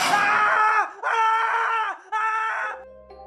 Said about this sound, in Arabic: دخل أرفع واحد فيهم ومعاه كشاف. أول ما دخل سمعناه بيصرخ.